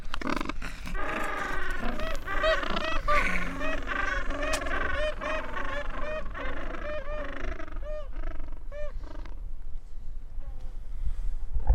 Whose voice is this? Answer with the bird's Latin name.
Pygoscelis papua